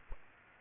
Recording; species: mosquito wingbeat signal from an infrared sensor; Aedes aegypti